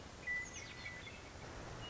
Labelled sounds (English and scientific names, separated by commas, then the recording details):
Western Meadowlark (Sturnella neglecta)
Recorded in Sonoma County, California